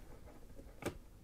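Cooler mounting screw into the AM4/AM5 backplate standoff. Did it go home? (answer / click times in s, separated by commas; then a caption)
yes / 0.9 s. A screwdriver passed through the hole in the heatsink fin stack of a Thermalright AXP120 X67 ARGB low-profile cooler turns the captive mounting screw backwards over the AM4/AM5 backplate standoff. Against a quiet background, one short, bright click sounds at 0.9 s as the screw drops into the thread start, and the screw is seated.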